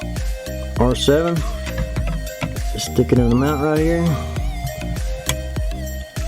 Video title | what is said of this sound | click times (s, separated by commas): Hardwiring Radar detector to mirror for power | Hear it click. | 5.3 s